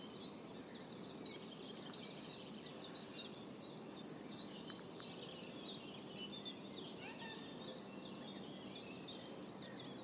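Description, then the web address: Bird calls: quiet, frequent high chirps and short twittering notes over a steady hiss of background noise. "Bird Only"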